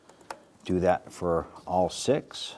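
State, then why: Seated. A plastic electrical connector is pushed down onto one of six fuel injectors on a 1997–2006 Jeep Wrangler and snaps into place with a sharp click at 0.3 s, showing it has seated. Someone then talks.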